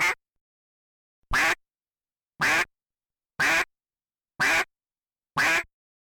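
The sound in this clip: Duck quacks, single harsh nasal quacks repeated about once a second, six in all, with silence between them.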